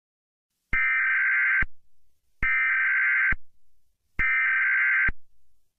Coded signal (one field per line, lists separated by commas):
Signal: Emergency Alert System (SAME) tones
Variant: header bursts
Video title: EAS Scenario: Radioactive Hurricane